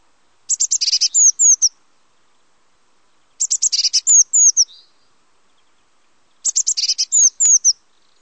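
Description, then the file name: Eurasian blue tit song: three phrases about three seconds apart, each a rapid burst of high buzzy notes ending in a few thin, slurred whistles. Background otherwise quiet. "Mesange bleue"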